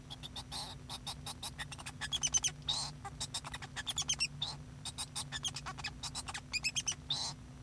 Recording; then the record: song of a male Bengalese finch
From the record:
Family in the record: son of father 2